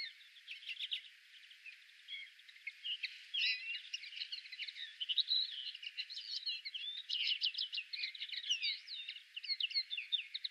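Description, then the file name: European greenfinch giving continuous busy twitters, a mix of quick chirps, short buzzy trills and brief upslurred notes, running steadily across the whole stretch. "Chloris chloris"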